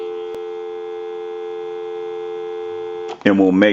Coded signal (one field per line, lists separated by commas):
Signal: telephone call progress tone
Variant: North America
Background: speech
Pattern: dial tone